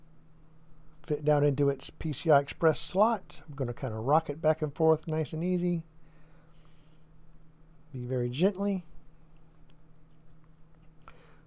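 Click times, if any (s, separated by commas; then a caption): 11.1 s. A graphics card is gently rocked back and forth down into a motherboard's PCI Express slot while someone talks, followed by a few faint small clicks. The card snaps into place and is seated with a sharp click at 11.1 seconds as the retention latch engages.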